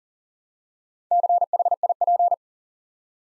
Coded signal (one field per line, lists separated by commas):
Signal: Morse code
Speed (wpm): 43 wpm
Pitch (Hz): 700 Hz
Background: none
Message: CHIP